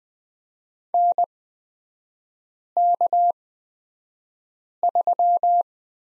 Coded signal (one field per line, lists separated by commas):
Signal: Morse code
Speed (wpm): 20 wpm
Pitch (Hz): 700 Hz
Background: none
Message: NK3